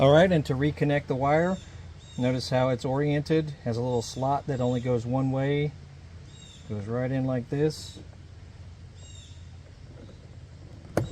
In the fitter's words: Push firmly until it clicks in place.